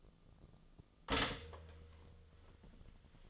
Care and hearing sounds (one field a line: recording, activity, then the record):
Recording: daily activity, microphone in the room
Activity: stop toaster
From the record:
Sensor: 4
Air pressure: 1010.1 hPa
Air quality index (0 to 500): 180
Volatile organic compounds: 5 ppm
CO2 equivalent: 1818 ppm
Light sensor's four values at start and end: 23/70/27/27 and 23/70/27/27